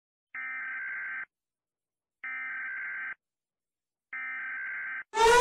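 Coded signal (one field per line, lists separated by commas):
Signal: Emergency Alert System (SAME) tones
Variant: header bursts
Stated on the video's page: Animated simulated alarms for various countries, some fictional or fake.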